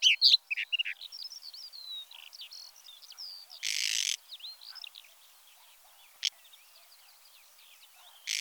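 Whinchat song: a fast, scratchy stream of high chirps and short whistled slurs, broken by a brief loud rush of noise and sharp clicks.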